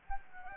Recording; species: mosquito wingbeat signal from an infrared sensor; Anopheles gambiae